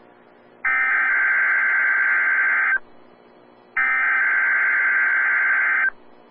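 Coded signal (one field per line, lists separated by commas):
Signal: Emergency Alert System (SAME) tones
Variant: header bursts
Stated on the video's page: Des Moines Required Weekly Test EAS tones.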